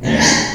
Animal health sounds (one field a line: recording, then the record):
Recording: squeal of a Yucatan mini pig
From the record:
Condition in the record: before surgery on the right vocal fold (resection and tissue-engineered implant)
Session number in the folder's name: 2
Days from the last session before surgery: 0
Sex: male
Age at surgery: 12 weeks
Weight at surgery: 13 kg